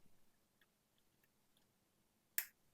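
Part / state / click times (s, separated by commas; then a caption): second engine bay electrical connector onto its sensor or harness plug / seated / 2.4 s. A second electrical connector in a Supra engine bay, during a new charge pipe installation, is pushed onto its mating sensor or harness plug. After a few faint ticks, a single sharp click is heard at 2.4 s as the connector clicks in and is seated.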